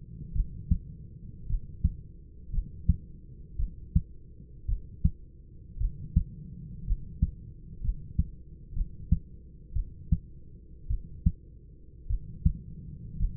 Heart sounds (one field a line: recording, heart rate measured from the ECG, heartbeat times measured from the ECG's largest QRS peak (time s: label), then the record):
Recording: heart sounds by stethoscope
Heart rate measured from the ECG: 56 bpm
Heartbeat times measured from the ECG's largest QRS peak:
0.33 s: heartbeat
1.47 s: heartbeat
2.51 s: heartbeat
3.57 s: heartbeat
4.66 s: heartbeat
5.78 s: heartbeat
6.85 s: heartbeat
7.82 s: heartbeat
8.74 s: heartbeat
9.74 s: heartbeat
10.88 s: heartbeat
12.08 s: heartbeat
13.18 s: heartbeat
From the record:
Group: healthy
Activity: rest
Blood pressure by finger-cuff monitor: 129/59 mmHg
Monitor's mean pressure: 81 mmHg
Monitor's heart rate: 56 bpm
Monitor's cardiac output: 6 L/min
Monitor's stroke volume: 106 mL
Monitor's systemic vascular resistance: 980 dyn s/cm5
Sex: male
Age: 25 years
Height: 170 cm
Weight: 70.4 kg